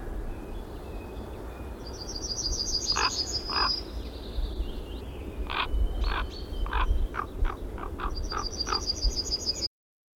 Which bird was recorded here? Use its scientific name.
Corvus corax